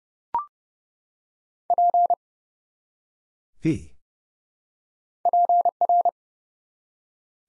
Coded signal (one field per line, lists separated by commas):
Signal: Morse code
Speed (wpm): 30 wpm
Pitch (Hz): 700 Hz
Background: none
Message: P PR